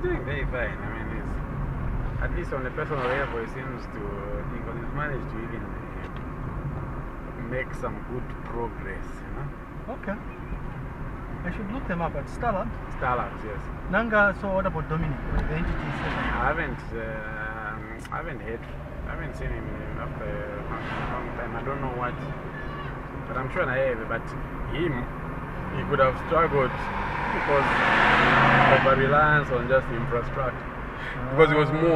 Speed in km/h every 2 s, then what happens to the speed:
33, 32, 35, 34, 33, 30, 32, 30, 23, 22, 31, 39, 43, 45, 47, 50.
0-13 steady at about 33. 13-18 slows to 22. 18-32 speeds up to 50.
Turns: none.